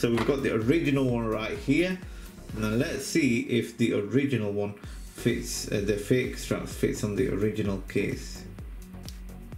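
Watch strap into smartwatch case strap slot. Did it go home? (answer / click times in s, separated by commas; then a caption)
yes / 9.1 s. Someone talks while a replica strap is pushed into the strap slot of an original Apple Watch Series 6 case. A few small clicks come near the end, with the sharpest at 9.1 s, when the strap seats and holds firm.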